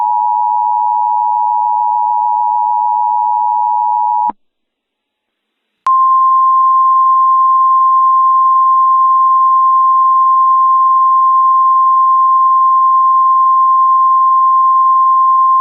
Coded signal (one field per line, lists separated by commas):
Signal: Emergency Alert System (SAME) tones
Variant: 853 and 960 Hz attention tone